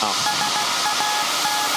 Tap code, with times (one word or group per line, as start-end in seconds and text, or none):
none